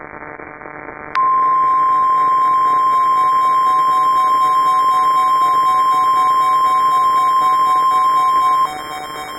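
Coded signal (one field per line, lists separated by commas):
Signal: Emergency Alert System (SAME) tones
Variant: 1050 Hz attention tone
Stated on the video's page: Fictional EAS scenario depicting a disaster.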